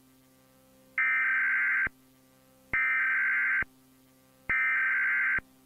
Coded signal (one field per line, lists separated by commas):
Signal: Emergency Alert System (SAME) tones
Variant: header bursts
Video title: EAS scenario: entity mouse